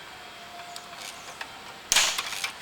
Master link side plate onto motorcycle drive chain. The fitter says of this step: let's see if the camera will pick up the snap guys